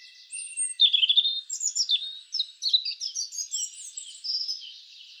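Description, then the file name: European robin delivering a continuous, high, sweet warble of quickly changing whistles and twitters. "Erithacus rubecula"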